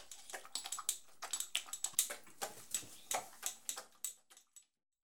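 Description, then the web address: Beagle drinking with quick, crisp lapping strokes, a few each second, then stopping into silence after about four and a half seconds. Beagle dog drinking water. "BBC Sound Effects. Beagle dog drinking water"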